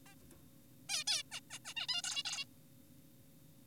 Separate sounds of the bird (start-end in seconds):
0.06-0.15, 0.89-1.04, 1.08-1.23, 1.32-1.40, 1.50-1.59, 1.65-1.74, 1.76-1.87, 1.89-2.02, 2.04-2.23, 2.25-2.44